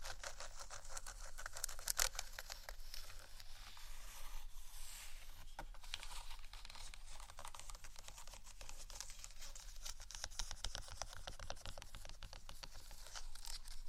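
Gentle scratching and tapping: dense, bright, continuous rustle with frequent quick clicks, a few sharper taps near two and five seconds.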